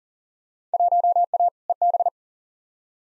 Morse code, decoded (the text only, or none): 1A EB